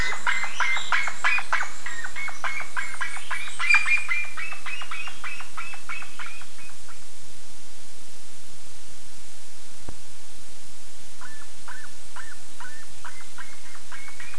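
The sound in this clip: Bird calls: a rapid series of short, harsh chirps with ringing overtones for about four seconds, then quiet with a few fainter repeated chirps near the end.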